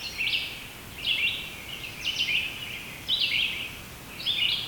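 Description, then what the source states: Red-eyed Vireo singing brief slurred whistled phrases, one roughly every second, over a constant low hiss. Recording dominated by red-eyed vireos.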